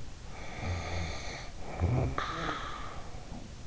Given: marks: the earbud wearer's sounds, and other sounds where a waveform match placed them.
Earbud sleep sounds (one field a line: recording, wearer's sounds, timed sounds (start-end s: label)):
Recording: sounds in sleep by an in-ear microphone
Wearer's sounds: snoring breath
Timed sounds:
0.33-3.67 s: snoring breath